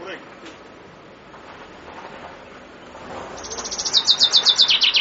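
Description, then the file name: Common chaffinch trill starting after a few seconds of low background noise, a quick run of sharp descending notes cut off before the song finishes. "fringuello"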